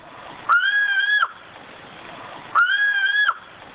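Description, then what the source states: Sumatran ground cuckoo song: two drawn-out, slightly wavering tonal notes, each under a second long, spaced about two seconds apart. Recording played back again, first call captured with a cell phone recorder; said to sound like a chicken running scared; very secretive, probably very rare bird of Sumatran mountain forests, possibly lowland forests.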